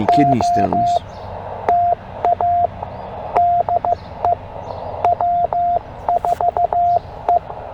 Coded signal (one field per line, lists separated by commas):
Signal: Morse code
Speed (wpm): 15 wpm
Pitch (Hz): 700 Hz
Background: speech, radio noise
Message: OTA DE W4E